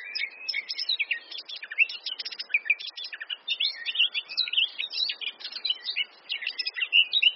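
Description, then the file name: Eurasian blackcap song, a quick, jumbled warble of chirps, trills and brief fluty notes running on without breaks. "Sylvia atricapilla"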